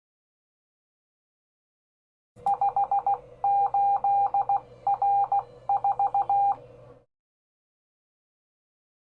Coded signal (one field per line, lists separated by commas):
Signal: Morse code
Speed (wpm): 16 wpm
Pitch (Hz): 800 Hz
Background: none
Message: 58R4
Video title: My 4SQRP Hill Topper 20 CW Radio Rose From the Grave! (Halloween)